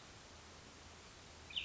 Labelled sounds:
Cassin's Vireo (Vireo cassinii)
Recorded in Sonoma County, California

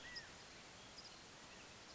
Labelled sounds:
California Quail (Callipepla californica)
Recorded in Sonoma County, California

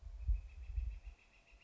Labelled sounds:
Northern Flicker (Colaptes auratus)
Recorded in Sonoma County, California

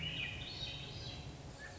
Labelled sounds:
Swainson's Thrush (Catharus ustulatus)
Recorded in Sonoma County, California

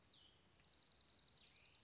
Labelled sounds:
Cassin's Vireo (Vireo cassinii)
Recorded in Sonoma County, California

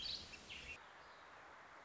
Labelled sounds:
Warbling Vireo (Vireo gilvus)
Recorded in Sonoma County, California

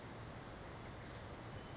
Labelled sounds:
Western Flycatcher (Empidonax difficilis)
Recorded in Sonoma County, California

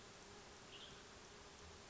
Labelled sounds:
Western Tanager (Piranga ludoviciana)
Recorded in Sonoma County, California

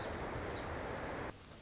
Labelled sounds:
Pacific Wren (Troglodytes pacificus)
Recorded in Sonoma County, California

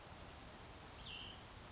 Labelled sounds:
Cassin's Vireo (Vireo cassinii)
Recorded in Sonoma County, California

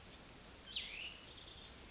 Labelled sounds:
Cassin's Vireo (Vireo cassinii)
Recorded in Sonoma County, California

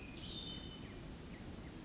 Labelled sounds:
Hermit Thrush (Catharus guttatus)
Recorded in Sonoma County, California

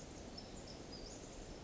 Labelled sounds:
Western Flycatcher (Empidonax difficilis)
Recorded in Sonoma County, California

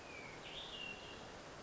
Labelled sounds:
Hermit Thrush (Catharus guttatus)
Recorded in Sonoma County, California

